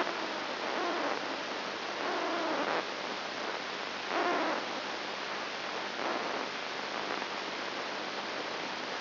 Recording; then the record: brain microelectrode recording played as sound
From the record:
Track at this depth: inside the subthalamic nucleus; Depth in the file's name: 0.906 mm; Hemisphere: left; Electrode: 3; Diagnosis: Parkinson's disease